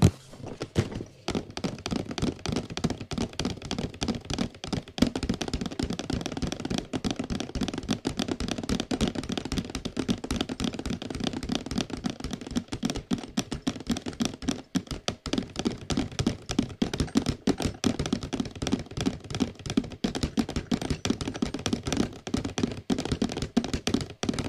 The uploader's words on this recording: Glorious Tapping on a Small Vase and Some Random Boxes (Bearded Audio ASMR). Tapping on a small vase and other boxes around his home.